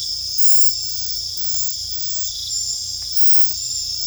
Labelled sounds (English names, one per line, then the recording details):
none
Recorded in secondary vegetation near Puerto Asís, Putumayo, Colombia, on 18 December 2024 at 21:00
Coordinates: 0.499, -76.323
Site G010